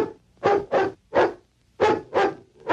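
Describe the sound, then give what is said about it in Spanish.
Six sharp, loud barks come in two quick bursts of three as an American football team captain barks out signals, in the 1944 Disney short How To Play Football, with no speech around them. “El capitán ladra sus señales.”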